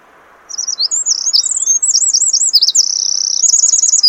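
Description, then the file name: Eurasian wren song starting after a short pause, a fast, piercing run of high chattering trills and wavering notes, including a steady buzzy trill near the middle. "Troglodytes troglodytes"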